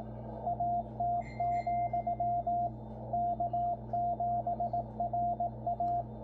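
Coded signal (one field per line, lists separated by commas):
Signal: Morse code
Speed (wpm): 18 wpm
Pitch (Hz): 700 Hz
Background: radio noise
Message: AT, K7RA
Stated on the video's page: CW bulletin on 3581.5 kHz shortwave, received on a Yaesu FTdx10 transceiver with adjusted AGC.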